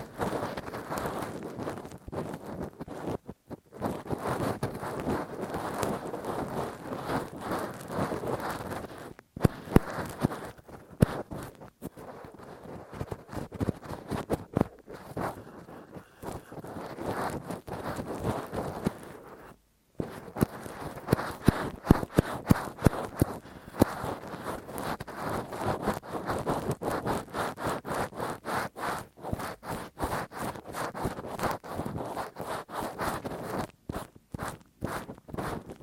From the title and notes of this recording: ASMR Intense Rough Deep Ear Cleaning w Q-tip, Ear Pick 1 Hour (No Talking).